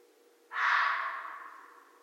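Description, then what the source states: Red fox uttering one loud, raspy call with a sharp start and a drawn-out fading tail. Recorded 13 January 2012.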